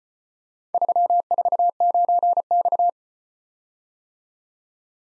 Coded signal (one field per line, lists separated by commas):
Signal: Morse code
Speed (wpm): 34 wpm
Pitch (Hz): 700 Hz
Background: none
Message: 349X